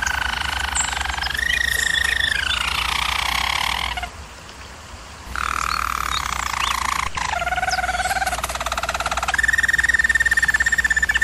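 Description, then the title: German Roller canary song in rolled trills and gliding tours, a short quieter pause in the middle, then faster rattling trills; constant low hum. German Roller canary singing, for canary training. "German Roller Canary Singing - Canary Training Vid"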